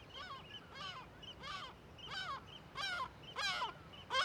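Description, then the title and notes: Gulls calling in alarm, harsh yelping notes growing louder toward the end, spaced about every two-thirds of a second, with other seabird calls behind. Gulls and other birds alarmed by the recordist in a huge cliff amphitheatre above the Viðarlundin forest on Kunoy, Faroe Islands; quadraphonic recording, MixPre-6 II with DPA microphones. "Iles Féroé, KUNOY, nous sommes au dessus la forêt de Viðarlundin í Kunoy, le Cirque est énorme et les mouettes et autres oiseaux se mettent en alerte."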